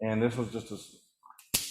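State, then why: Seated. Someone talks as a metal-clad cable end is slid into a snap-in box connector rated for passing ground to the box, with a few faint ticks as it slides. A sharp, bright snap at 1.5 s marks the cable locking in place and the connector seating.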